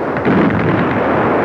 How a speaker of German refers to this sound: Schwerste Eisenbahngeschütze bei der Beschießung von Anzio. Das deutsche Artilleriefeuer auf den Landekopf von Nettuno bereitet den britisch-amerikanischen Truppen die Hölle, melden die feindlichen Berichterstatter.